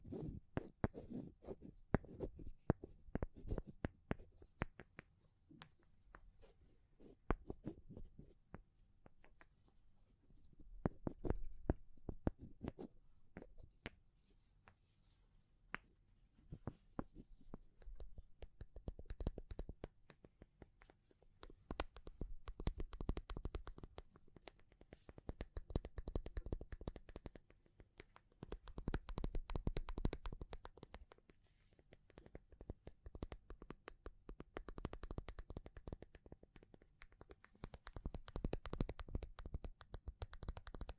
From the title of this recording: Natural Triggers Wood, Bamboo and Straw